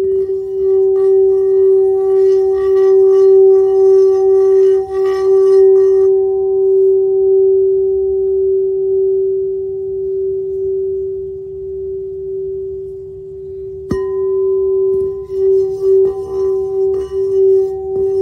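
A singing bowl hums one steady, pure tone throughout, with a faint low rumble beneath it. Bright shimmering overtones flicker above for the first six seconds, fade, then return when the bowl is struck again at about fourteen seconds.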